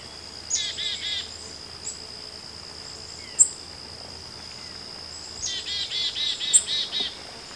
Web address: warblers nawa